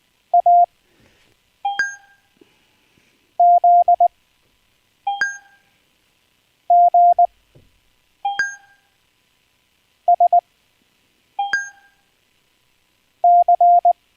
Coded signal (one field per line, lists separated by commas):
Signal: Morse code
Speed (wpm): 19 wpm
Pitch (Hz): 700 Hz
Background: none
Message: A Z G S C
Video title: CW practise & VaraAC (Live-Stream) | HamRadio